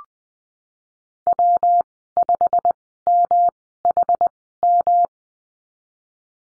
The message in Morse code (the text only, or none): W5MHM